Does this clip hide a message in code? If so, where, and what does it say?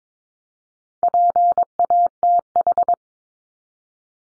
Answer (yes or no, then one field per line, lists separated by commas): yes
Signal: Morse code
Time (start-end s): 1.0-2.9 s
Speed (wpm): 22 wpm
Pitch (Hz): 700 Hz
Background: none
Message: PATH